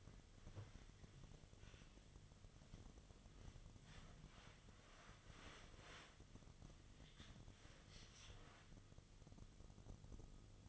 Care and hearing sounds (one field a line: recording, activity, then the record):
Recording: daily activity, microphone in the room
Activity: wipe stove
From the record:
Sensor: 4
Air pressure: 1005.6 hPa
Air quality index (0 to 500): 108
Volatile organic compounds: 3 ppm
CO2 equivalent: 1341 ppm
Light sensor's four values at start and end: 12/28/11/10 and 12/26/10/10